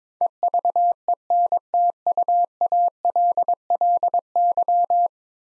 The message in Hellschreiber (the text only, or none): none